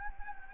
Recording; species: mosquito wingbeat signal from an infrared sensor; Anopheles gambiae